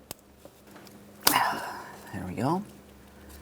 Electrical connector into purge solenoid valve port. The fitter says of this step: Audible click from that, a light tug, and lock it in. There